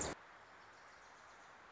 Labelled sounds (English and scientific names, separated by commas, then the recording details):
Wilson's Warbler (Cardellina pusilla)
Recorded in Sonoma County, California